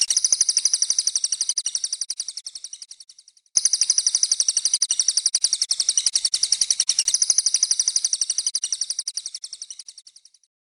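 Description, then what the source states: Cililin song: two long streams of bright, rapid, high-pitched chirps, separated by one short gap. Used as training (masteran) song for kacer (magpie-robin), murai and cucak hijau songbirds.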